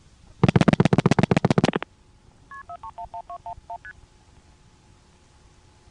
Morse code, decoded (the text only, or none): none